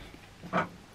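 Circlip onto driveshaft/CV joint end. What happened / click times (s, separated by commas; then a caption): The clip is being worked on but has not snapped in yet / none. A metal circlip (CV joint retaining clip) is being worked over the end of a VW T3 driveshaft on the bench, aiming for its groove. A single short, broadband scraping burst sits around 0.5–0.7 s against quiet background noise. The clip has not snapped into its groove yet, and nothing has seated.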